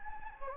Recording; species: mosquito wingbeat signal from an infrared sensor; Anopheles gambiae